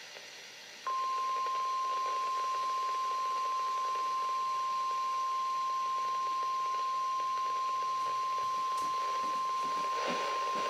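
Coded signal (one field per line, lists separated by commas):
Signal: Emergency Alert System (SAME) tones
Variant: 1050 Hz attention tone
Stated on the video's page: Required Weekly Test on NOAA Weather Radio station KGG67, Panama City, Florida; live capture.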